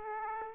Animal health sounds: mosquito wingbeat signal from an infrared sensor; Aedes aegypti

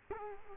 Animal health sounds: mosquito wingbeat signal from an infrared sensor; Culex quinquefasciatus

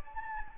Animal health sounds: mosquito wingbeat signal from an infrared sensor; Anopheles gambiae

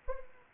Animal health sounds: mosquito wingbeat signal from an infrared sensor; Anopheles arabiensis

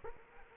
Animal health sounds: mosquito wingbeat signal from an infrared sensor; Culex quinquefasciatus

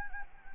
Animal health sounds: mosquito wingbeat signal from an infrared sensor; Anopheles gambiae

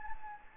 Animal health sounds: mosquito wingbeat signal from an infrared sensor; Anopheles gambiae

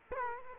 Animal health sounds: mosquito wingbeat signal from an infrared sensor; Culex quinquefasciatus

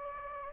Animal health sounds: mosquito wingbeat signal from an infrared sensor; Anopheles gambiae

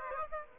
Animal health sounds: mosquito wingbeat signal from an infrared sensor; Aedes aegypti

